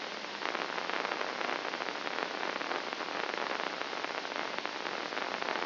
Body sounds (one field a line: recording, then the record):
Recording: brain microelectrode recording played as sound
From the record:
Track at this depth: inside the subthalamic nucleus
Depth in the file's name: 2.634 mm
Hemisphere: left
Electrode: 2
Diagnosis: Parkinson's disease